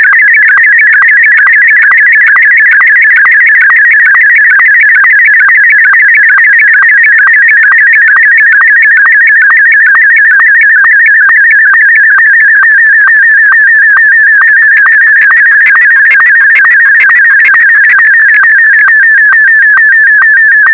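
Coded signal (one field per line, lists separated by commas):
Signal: SSTV (slow-scan television)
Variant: Martin M1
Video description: A secret end of year message for my fellow nerds. #sstv #martin-m1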